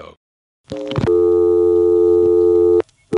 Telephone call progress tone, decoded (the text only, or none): dial tone